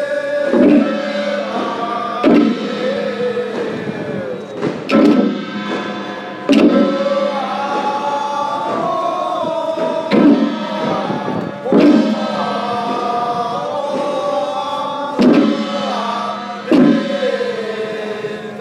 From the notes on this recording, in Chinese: 厦门厦港龙珠殿烧王船唱诵